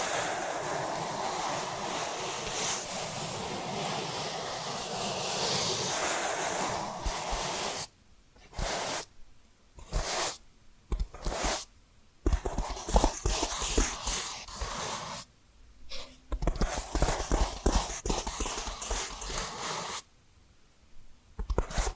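Tapping and scratching sounds, opening with about seven seconds of steady, dense scratching that rushes like surf. After that the sound breaks into choppy bursts of quick taps and scrapes, cut by short silences near 8, 12, 15 and 20 seconds.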